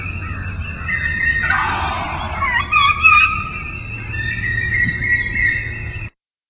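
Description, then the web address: Wild turkey calls, a run of high thin whistled kee notes mixed with a brief rough yelping burst in the middle, over a low steady hum. "wildlife turkey sound Kee Kee Run"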